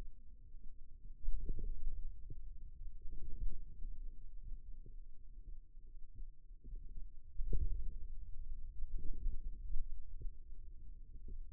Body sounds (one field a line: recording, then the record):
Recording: forearm muscle sounds (acoustic myography)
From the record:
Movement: hand closing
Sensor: system 2, bracelet of six BSWA MPA416 microphones around the upper forearm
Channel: 2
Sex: male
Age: 22 years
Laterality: right